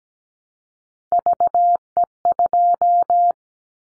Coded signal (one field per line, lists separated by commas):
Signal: Morse code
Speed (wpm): 17 wpm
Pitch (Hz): 700 Hz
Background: none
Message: VE2